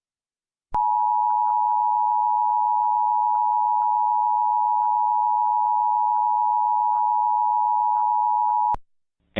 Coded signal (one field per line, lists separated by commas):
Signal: Emergency Alert System (SAME) tones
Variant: 853 and 960 Hz attention tone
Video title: TMYKs mini EAS Scenario Witchcraft (REUPLOAD)